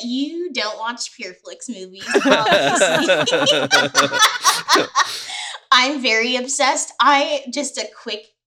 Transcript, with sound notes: You don’t watch Pure Flix movies, obviously. [laughter] I’m very obsessed. I… Just a quick